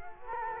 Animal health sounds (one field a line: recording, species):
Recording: mosquito wingbeat signal from an infrared sensor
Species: Culex quinquefasciatus